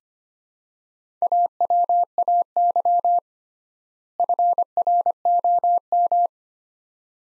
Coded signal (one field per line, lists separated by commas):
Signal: Morse code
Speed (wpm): 25 wpm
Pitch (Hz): 700 Hz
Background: none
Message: AWAY FROM